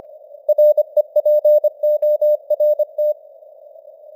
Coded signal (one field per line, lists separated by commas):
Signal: Morse code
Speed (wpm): 25 wpm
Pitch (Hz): 600 Hz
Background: none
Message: REPORT